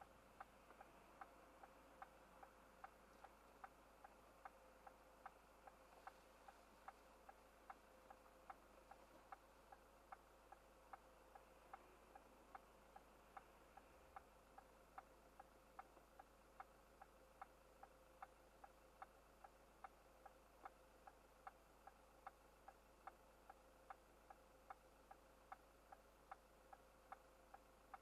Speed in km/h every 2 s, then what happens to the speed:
0, 0, 0, 0, 0, 0, 0, 0, 0, 0, 0, 0, 0, 0.
0-28 standing.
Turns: none.